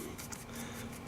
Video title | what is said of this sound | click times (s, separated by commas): Samsung Galaxy S8 Plus Waterproof Case by Besinpo - Unboxing and review | give this a good little snap together very | 0.3 s